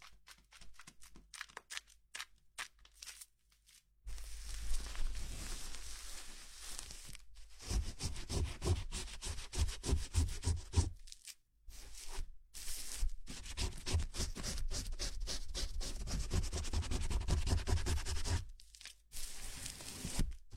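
Hair being washed with foam and massaged: soft, dense rubbing and squelching that comes in long continuous stretches with brief pauses, near 4, 7.5, 11.5 and 19 seconds. The opening seconds hold lighter, scattered scratchy touches before the steady lathering begins.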